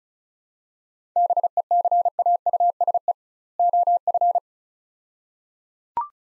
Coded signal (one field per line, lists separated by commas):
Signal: Morse code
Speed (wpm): 36 wpm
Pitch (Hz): 700 Hz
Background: none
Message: BECAUSE OF